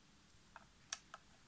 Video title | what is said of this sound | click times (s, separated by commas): Porte Folio Vinyl Laqué Perforé | Ça s'emboîte dessus parce que c'est un peu triangulaire. | 0.9 s